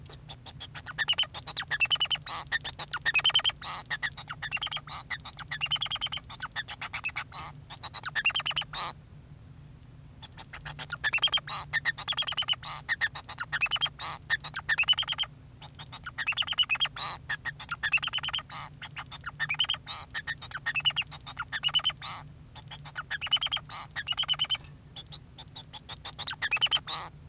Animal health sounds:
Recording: song of a male Bengalese finch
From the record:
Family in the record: son of father 2

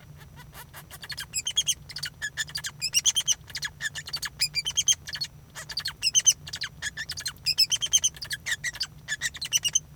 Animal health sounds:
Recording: song of a male Bengalese finch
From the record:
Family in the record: son of father 2

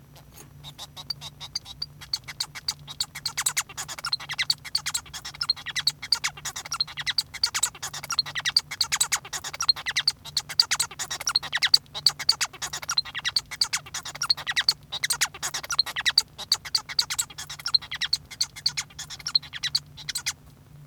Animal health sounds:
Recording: song of a male Bengalese finch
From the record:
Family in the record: son of father 1

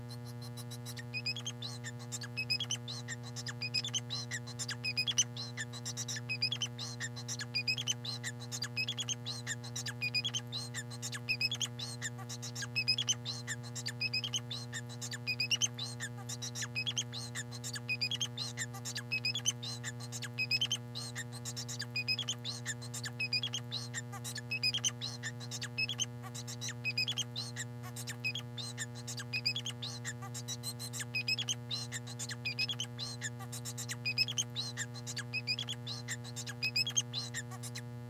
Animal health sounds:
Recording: song of a male Bengalese finch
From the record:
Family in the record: son of father 4

